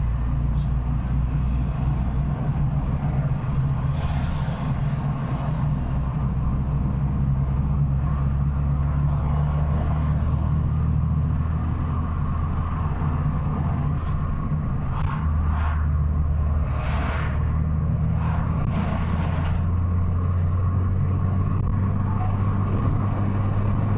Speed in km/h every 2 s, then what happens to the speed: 56, 58, 57, 64, 71, 74, 74, 71, 70, 77, 86, 92.
4-9 speeds up to 74. 9-16 steady at about 71. 16-24 speeds up to 92.